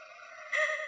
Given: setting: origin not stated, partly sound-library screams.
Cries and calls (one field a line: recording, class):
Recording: one-second piece from a danger detection set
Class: woman in danger